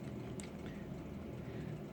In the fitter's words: using my my battery you will plug in it and make sure you hit clip now